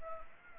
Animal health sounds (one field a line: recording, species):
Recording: mosquito wingbeat signal from an infrared sensor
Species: Anopheles arabiensis